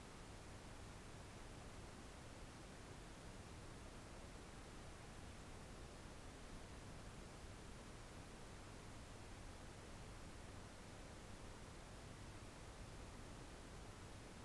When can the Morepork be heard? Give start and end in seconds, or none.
none